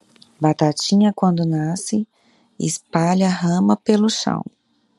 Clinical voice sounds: short text; Brazilian Portuguese; female; 30 to 39 years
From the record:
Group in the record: control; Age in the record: 35 years

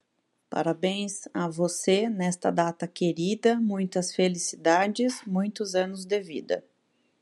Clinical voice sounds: short text; Brazilian Portuguese; female; 20 to 29 years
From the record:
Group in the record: control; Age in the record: 29 years

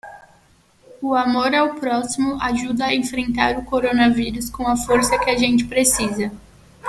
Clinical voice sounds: spoken sentence; Brazilian Portuguese; female; 20 to 29 years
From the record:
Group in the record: control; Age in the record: 24 years

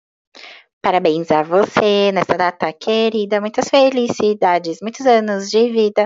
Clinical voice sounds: short text; Brazilian Portuguese; female; 20 to 29 years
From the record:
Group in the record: control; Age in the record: 26 years

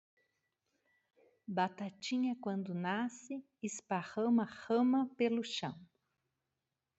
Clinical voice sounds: short text; Brazilian Portuguese; female; 50 to 59 years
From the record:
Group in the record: control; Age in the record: 52 years

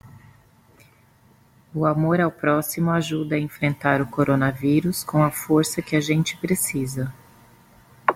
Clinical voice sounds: spoken sentence; Brazilian Portuguese; female; 40 to 49 years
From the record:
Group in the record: control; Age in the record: 42 years

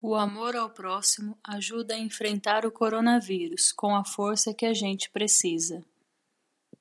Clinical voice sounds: spoken sentence; Brazilian Portuguese; female; 30 to 39 years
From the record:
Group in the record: control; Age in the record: 35 years

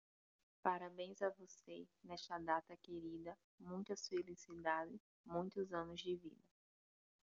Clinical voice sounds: short text; Brazilian Portuguese; female; 30 to 39 years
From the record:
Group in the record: control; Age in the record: 30 years

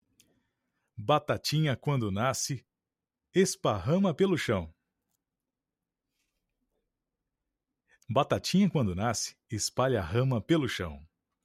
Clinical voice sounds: short text; Brazilian Portuguese; male; 30 to 39 years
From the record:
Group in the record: control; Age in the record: 37 years

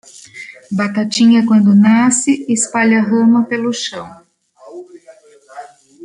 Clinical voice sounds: short text; Brazilian Portuguese; female; 50 to 59 years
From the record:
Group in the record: control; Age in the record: 59 years

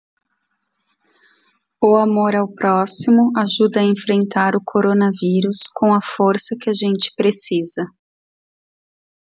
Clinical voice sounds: spoken sentence; Brazilian Portuguese; female; 30 to 39 years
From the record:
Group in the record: control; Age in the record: 39 years

